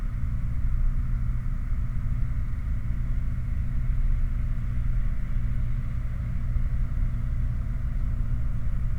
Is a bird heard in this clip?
no